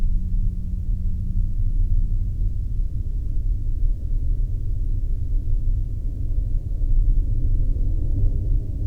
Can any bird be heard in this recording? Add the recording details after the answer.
no. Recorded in the Arctic National Wildlife Refuge, Alaska, on 3 September 2019 at 15:03. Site 39